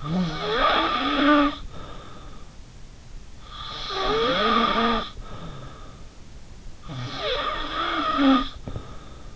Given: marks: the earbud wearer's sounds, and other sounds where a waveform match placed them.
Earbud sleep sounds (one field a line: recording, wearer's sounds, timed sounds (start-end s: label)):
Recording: sounds in sleep by an in-ear microphone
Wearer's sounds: snoring breath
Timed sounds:
0.03-2.43 s: snoring breath
3.46-6.12 s: snoring breath
6.84-9.36 s: snoring breath